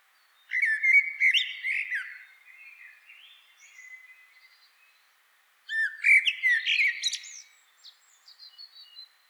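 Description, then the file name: Common blackbird singing two phrases, each a low fluty warble that breaks into high squeaky twittering, with quieter twittering between them. "Turdus merula"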